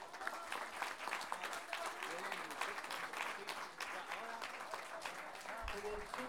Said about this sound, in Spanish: Así que un aplauso por todo eso.